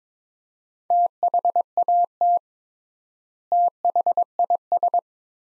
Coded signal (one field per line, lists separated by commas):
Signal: Morse code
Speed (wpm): 22 wpm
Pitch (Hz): 700 Hz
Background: none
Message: THAT THIS